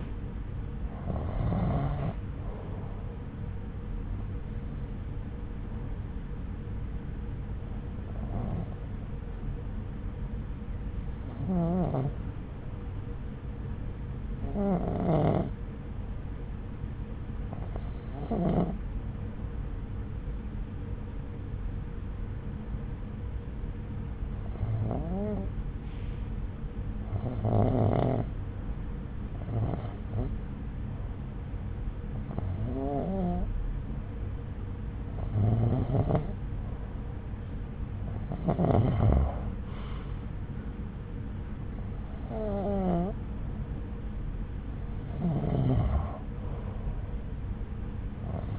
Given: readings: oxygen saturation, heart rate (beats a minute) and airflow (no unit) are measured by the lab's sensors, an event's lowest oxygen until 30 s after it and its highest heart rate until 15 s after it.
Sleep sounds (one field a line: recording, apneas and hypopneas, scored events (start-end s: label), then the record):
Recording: breathing in sleep by a smartphone at the bedside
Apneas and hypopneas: 1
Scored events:
8.00-39.10 s: hypopnea (REM, oxygen 93% highest, then 89% lowest)
From the record:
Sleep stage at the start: REM sleep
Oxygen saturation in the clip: 89 to 93%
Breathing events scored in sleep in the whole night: 303 in 8.1 hours asleep